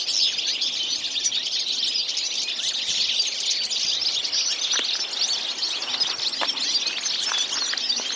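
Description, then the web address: Birds twittering in a thick, constant high chorus, with a few sharp clicks and brief lower rustles in the second half. "Deverinetal"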